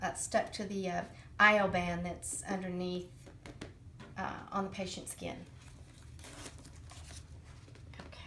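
Someone talks while handling the plastic button tail of an abdominal wound closure system, working it toward its anchor on a band stuck to the patient's skin. Soft handling and crinkling sounds follow the talk. Nothing has seated or clicked yet.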